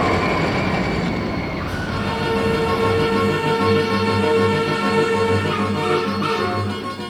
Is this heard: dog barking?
no